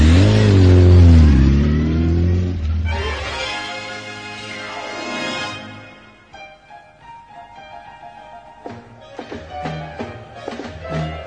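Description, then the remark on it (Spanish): The engine of Toto's motorcycle revs hard, its pitch rising and falling through a loud roaring sweep, then drops to a rough idle punctuated by a few sharp throttle blips. “La moto del Toto.”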